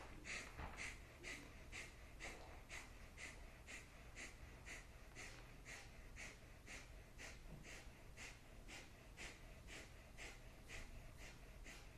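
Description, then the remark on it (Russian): Rapid, forceful puffing breaths of a breathing exercise repeat in a steady, even rhythm, roughly two to three per second, each a short breathy huff, continuing without pause and with no talking. “И сейчас у нас будет как раз и будем долго пыхтеть, и долго бултыхать.”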